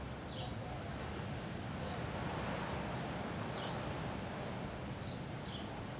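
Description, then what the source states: Cicada song, a high steady line broken into short repeated pulses, under constant roaring wind. Single cicada hiding in a garden all week; recorded on a day of constant mistral wind blowing through a pine tree.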